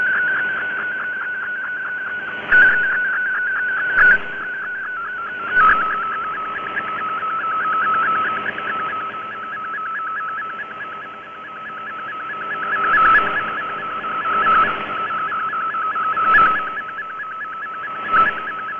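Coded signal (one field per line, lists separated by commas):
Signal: multi-tone FSK (Olivia or MFSK type)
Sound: warbling tone near 1.5 kHz hopping rapidly between nearby pitches, steady and continuous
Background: shortwave static, fading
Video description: Shortwave Radiogram transmits digital text and images on an analog shortwave broadcast transmitter.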